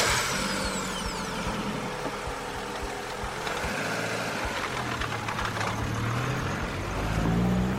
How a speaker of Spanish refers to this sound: del pueblo vecino, 58 años, soltera, habitante 14 de un municipio de 15, viene a buscarla en su coche.